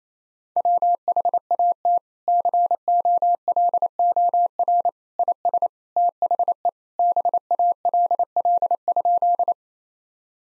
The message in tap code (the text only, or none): none